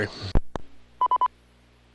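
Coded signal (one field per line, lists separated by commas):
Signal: none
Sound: repeater courtesy tone beeps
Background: speech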